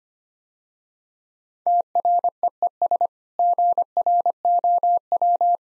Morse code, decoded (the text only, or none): TREES GROW